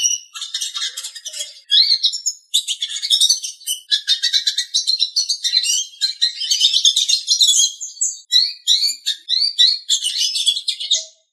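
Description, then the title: Bird song runs as a dense stream of high twittering and chirping notes, broken by several brief pauses. "LuckyPassaros CompletosSama"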